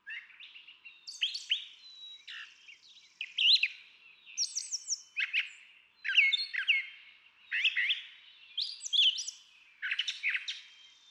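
Brown Thrasher song of varied phrases, sweeping whistles, chips and buzzy notes, often paired, delivered in a flowing sequence with brief pauses.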